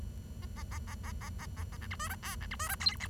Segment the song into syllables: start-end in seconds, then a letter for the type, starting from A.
0.42-0.45 A, 0.56-0.63 A, 0.71-0.78 A, 0.87-0.95 A, 1.03-1.12 A, 1.21-1.29 A, 1.39-1.46 A, 1.57-1.63 A, 1.72-1.77 A, 1.81-1.87 B, 1.91-1.96 C, 1.99-2.08 D, 2.09-2.15 E, 2.23-2.35 F, 2.41-2.46 B, 2.51-2.56 C, 2.59-2.68 D, 2.69-2.75 E, 2.80-2.96 G, 3.00-3.07 H